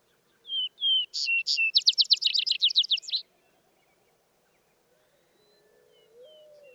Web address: songs Vesper Sparrow